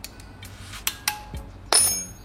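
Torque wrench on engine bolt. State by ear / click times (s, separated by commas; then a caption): torque reached / 1.7 s. A torque wrench tightens bolts on the crankcase/cylinder of a 130cc Jupiter Z motorcycle engine, with a few faint ticks and sharp metallic taps at 0.9 s and 1.1 s before the wrench clicks loudly at 1.7 s. The click means the desired torque has been reached.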